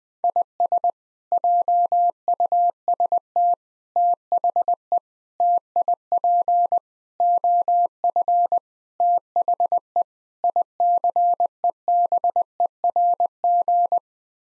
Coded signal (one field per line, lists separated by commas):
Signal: Morse code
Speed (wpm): 20 wpm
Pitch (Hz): 700 Hz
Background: none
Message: IS JUST THE TIP OF THE ICEBERG